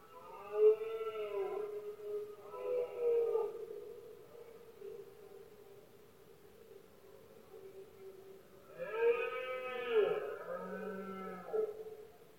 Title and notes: Paisaje sonoro: Berrea #04. La época de celo del ciervo se conoce comúnmente como “berrea del ciervo” o “brama del ciervo”. especialmente por la noche pues es cuando más silencio hay alrededor, los poderosos bramidos de los ciervos machos